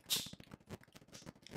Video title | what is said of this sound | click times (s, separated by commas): Apple AirTags! Full Walk through with accessories and full demo | this should snap just snap in place i think | 1.5 s